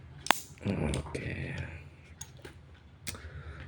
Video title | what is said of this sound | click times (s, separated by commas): 27 October 2025 | sampai bunyi klik. | 0.3 s